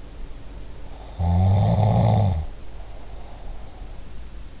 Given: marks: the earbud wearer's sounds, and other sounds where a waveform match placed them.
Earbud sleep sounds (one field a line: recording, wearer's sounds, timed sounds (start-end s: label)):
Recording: sounds in sleep by an in-ear microphone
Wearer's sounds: snoring breath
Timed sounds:
0.75-4.00 s: snoring breath